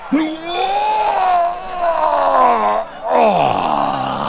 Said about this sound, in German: Schreit der Gladiator.